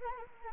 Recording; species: mosquito wingbeat signal from an infrared sensor; Anopheles arabiensis